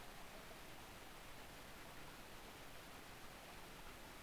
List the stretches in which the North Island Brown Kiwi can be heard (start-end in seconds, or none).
none